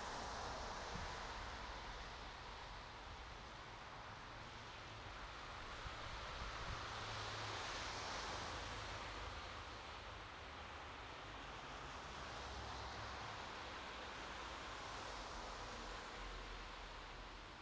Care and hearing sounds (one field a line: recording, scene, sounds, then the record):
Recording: everyday scene through a hearing-aid microphone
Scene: in traffic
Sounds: traffic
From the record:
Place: bus stop on a city main road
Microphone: in the ear canal, right